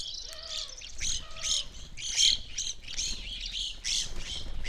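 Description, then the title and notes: Evening grosbeak: shrill, burry calls from several evening grosbeaks overlapping in quick succession, mixed with lower sliding whistled notes near the start. Flock feeding on sunflower seeds at a backyard feeder hanging in a birch tree; relatively warm winter morning; McCloud, Siskiyou County, California; two microphones on either side of the tree trunk. "McCloud in Siskiyou County, California. It was a relatively warm winter morning, and a flock of Evening Grosbeaks was busily eating a breakfast of sunflower seeds"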